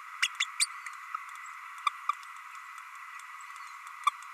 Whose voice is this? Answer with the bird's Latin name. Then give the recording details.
Forpus passerinus. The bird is a male. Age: 30 days. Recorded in a nest box in Venezuela. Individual 17B32A6